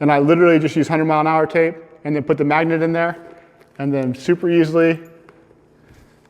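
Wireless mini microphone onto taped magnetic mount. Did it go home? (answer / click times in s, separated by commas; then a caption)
yes / 5.3 s. A small wireless mini microphone is pushed onto a magnet held in place with 100 mph tape inside the helmet or mount. A man talks, and after a quiet pause the mic snaps into its magnetic mount with a short click at 5.3 s. A fainter tick follows near 6.2 s.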